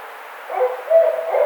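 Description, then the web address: Barred owl hooting: a few low hoots over steady background hiss. Recorded 4 May 2009. "Barred Owl 2009 05 04"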